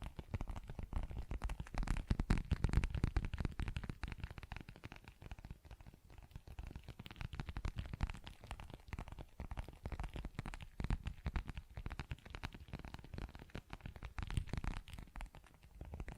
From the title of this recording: ASMR Tapping, Scratching & Zipper Sounds